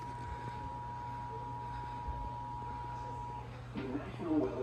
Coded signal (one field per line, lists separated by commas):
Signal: Emergency Alert System (SAME) tones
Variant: 853 and 960 Hz attention tone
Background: speech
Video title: GSP is going crazy: EAS alerts from 7/10/26